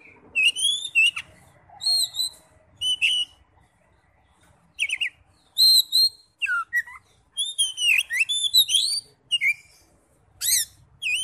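Oriental magpie-robin song: loud, clear whistled phrases with rising and falling slurs, repeated in bursts with short gaps.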